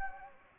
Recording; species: mosquito wingbeat signal from an infrared sensor; Anopheles gambiae